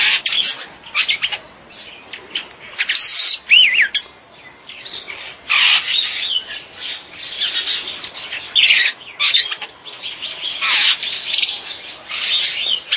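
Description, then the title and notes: Bird chirping, a busy chorus of short sharp notes and buzzy bursts, with one clear rising-falling whistle early on, continuing steadily throughout. "Bird Sound. Kicau Burung Lengkap"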